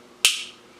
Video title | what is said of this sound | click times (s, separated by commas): DakPets Deshedding Tool Review | um and then to to put it back in you just press that button again slide it until you hear it click | 0.2 s